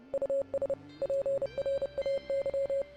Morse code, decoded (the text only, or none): US PRAY